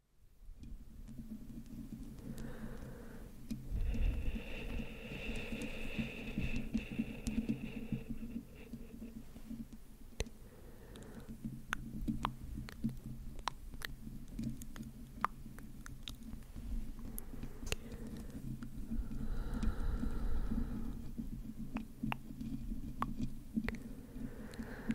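Slow mic scratching under a steady low hum, with sharp tongue clicks scattered throughout every second or so. Longer rustling, hissy passages swell around the fifth to eighth seconds and again near the twentieth, then ease back to sparse clicks.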